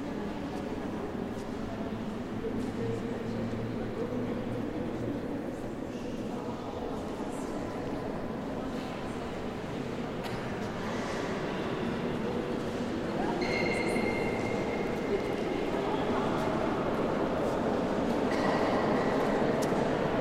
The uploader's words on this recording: The Church of the Jacobins, Toulouse - "Sound space immerses us into his huge reverb." Recorded by Dan Capture.